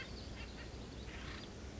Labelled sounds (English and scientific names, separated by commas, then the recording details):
Acorn Woodpecker (Melanerpes formicivorus)
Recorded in Sonoma County, California